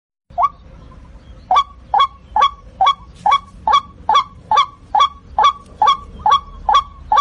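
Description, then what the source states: White-breasted waterhen calling with loud, harsh, honking notes repeated steadily more than twice a second, each note short and identical in pitch. Call used as a lure for trapping the bird.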